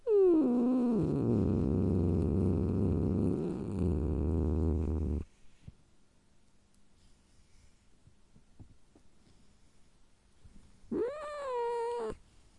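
Domestic cat growling: a falling wail sinks into a long, deep, rumbling growl, then quiet, then a short rising-and-falling yowl near the end.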